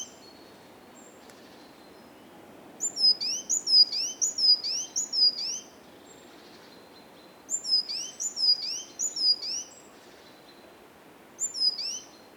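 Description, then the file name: Great tit calling in three bursts of quick, high, hooked notes, the last one short, separated by quiet gaps of a few seconds over steady low hiss. "Parus major"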